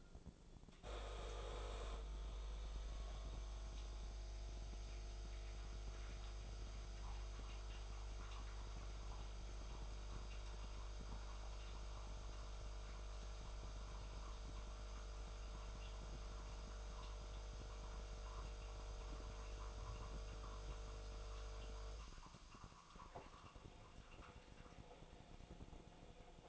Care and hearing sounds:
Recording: daily activity, microphone in the room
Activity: make coffee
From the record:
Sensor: 5

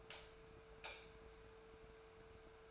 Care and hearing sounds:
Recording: daily activity, microphone in the room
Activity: light off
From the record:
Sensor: 2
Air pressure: 1014.5 hPa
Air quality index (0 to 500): 173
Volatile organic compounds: 11 ppm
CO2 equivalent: 2290 ppm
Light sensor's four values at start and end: 36/92/39/43 and 32/78/34/37

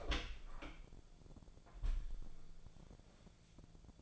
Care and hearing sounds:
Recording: daily activity, microphone in the room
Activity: open door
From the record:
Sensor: 5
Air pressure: 1000.6 hPa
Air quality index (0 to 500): 156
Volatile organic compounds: 2 ppm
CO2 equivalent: 1202 ppm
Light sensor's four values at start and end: 47/110/46/49 and 47/110/46/49

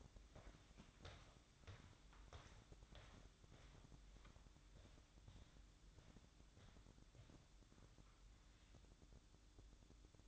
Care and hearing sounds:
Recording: daily activity, microphone in the room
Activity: walk to room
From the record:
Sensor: 3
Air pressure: 1008.2 hPa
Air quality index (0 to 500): 131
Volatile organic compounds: 2 ppm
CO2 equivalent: 1088 ppm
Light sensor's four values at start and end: 12/27/11/11 and 12/27/11/11

